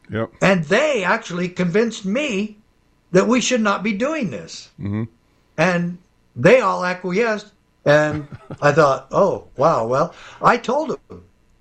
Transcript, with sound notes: And they actually convinced me that we should not be doing this.
Mm-hmm.
And they all acquiesced and...
(laughs)
... I thought, "Oh, wow, well..." I told them,